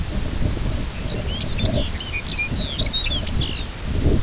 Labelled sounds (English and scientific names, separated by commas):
Lapland Longspur (Calcarius lapponicus)